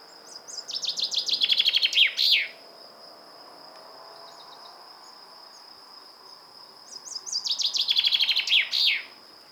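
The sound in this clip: Common chaffinch song: two phrases several seconds apart, each a series of descending notes closing with a flourish, against a constant thin high-pitched whine.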